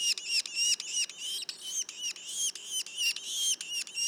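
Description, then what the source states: Yellow-bellied sapsucker juveniles: drawn-out, buzzy, slightly wavering notes, each separated by a brief click-like break, about three per second. Juveniles; Mont-Orford National Park, Quebec.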